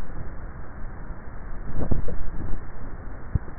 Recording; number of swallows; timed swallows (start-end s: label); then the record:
swallowing sounds by neck microphone; 1
1.72-2.82 s: swallow
From the record:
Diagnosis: dysphagia